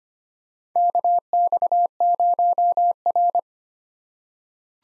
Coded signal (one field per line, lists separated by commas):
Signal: Morse code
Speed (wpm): 25 wpm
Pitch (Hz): 700 Hz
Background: none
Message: KX0R